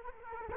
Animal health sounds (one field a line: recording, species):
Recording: mosquito wingbeat signal from an infrared sensor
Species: Culex quinquefasciatus